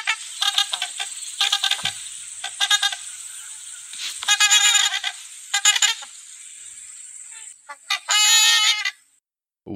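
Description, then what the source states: Trumpeter swan duet, with loud brassy honks in repeated clusters, ending in a final loud burst. Trumpeter swans calling as a duet, a call described as the sound of love and fidelity.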